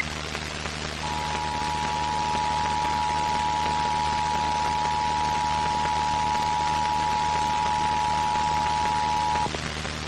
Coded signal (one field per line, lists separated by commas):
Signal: Emergency Alert System (SAME) tones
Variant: 853 and 960 Hz attention tone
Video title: Albany, NY Required Monthly Test (9/6/22)